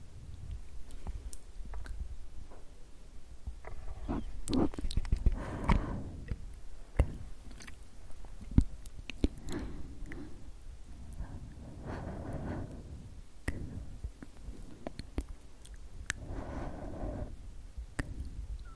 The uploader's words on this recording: Super Slow & Tingly SkSk from Ear to Ear Sleepy ASMR for Relaxation & White Noise.